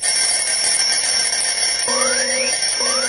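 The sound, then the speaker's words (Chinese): An alarm clock rings nonstop, a bright, shrill metallic bell that stays loud and steady throughout, with a couple of rising electronic swoops sliding upward near the end. No one speaks. “关上了闹钟，我伸一个懒腰，我要对全世界说一声早上好。”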